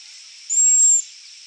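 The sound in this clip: Cedar waxwing giving a single thin, very high hissing whistle lasting about half a second, nearly level in pitch, with faint high hiss around it.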